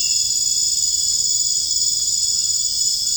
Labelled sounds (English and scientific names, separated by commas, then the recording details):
none
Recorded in dense forest near Puerto Asís, Putumayo, Colombia, on 25 June 2025 at 23:30
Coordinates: 0.481, -76.323
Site G072